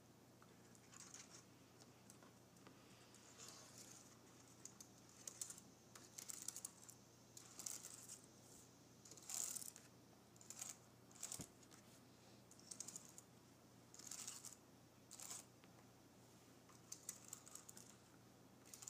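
Fingernails graze and scratch across a keyboard in short, bright bursts every second or so, over a faint steady low hum.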